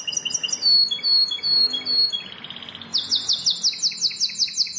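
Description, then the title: Bar-winged prinia song: tumbling high chirps and short slurred notes, followed by a rapid run of sharp, evenly repeated high notes. "Ciblek Sawah 1"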